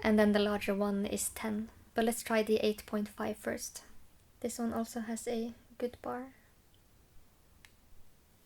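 Someone talks while handling a skull-pattern 8.5 mm septum clicker ring, about to close its hinged bar into the clasp. After the talking stops, only two faint, tiny ticks are heard near 6.7 and 7.7 seconds. Nothing has seated or clicked yet; the clip ends just before the bar goes home.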